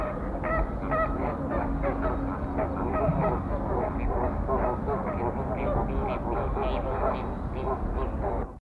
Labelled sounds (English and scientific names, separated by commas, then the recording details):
American Flamingo (Phoenicopterus ruber) call
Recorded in captivity
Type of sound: call
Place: Ruhr-Zoo Gelsenkirchen, Nordrhein-Westfalen, DE
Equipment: Halbspur, 9,5 cm/s
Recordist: Lütgens, Hans
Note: Halbwüchsige